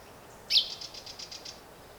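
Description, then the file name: Common chaffinch call: one sharp high note followed by a series of softer, evenly spaced notes. "Fringilla coelebs"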